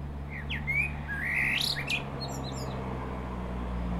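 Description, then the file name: Common blackbird song phrase of rich, slurred whistles rising into sharp high squeaks, over a constant low hum. "Turdus merula"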